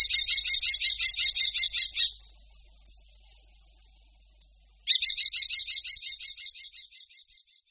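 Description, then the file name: Common kestrel producing quick high-pitched repeated kee notes, stopping for nearly three seconds, then another series that fades away. "Poštolka-obecná"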